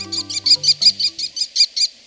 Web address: birdnote-daily- episodio american-kestrel